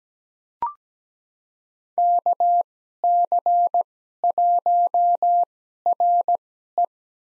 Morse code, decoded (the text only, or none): KC1RE